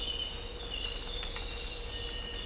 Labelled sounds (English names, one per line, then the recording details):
none
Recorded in dense forest near Puerto Asís, Putumayo, Colombia, on 20 December 2024 at 06:00
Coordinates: 0.499, -76.324
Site G045